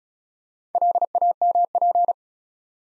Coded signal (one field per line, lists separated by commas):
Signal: Morse code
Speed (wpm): 34 wpm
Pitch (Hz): 700 Hz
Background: none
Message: LAMP